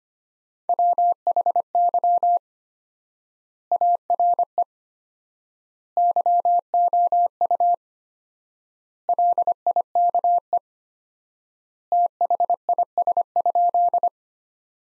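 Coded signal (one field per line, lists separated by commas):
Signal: Morse code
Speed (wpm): 25 wpm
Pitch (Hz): 700 Hz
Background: none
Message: WHY ARE YOU LIKE THIS?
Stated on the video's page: Morse practice sentences from the top 200 words at 25 wpm with 4x standard word spacing, a word-based Farnsworth-like method for head-copy practice.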